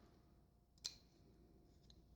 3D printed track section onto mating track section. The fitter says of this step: and lock into place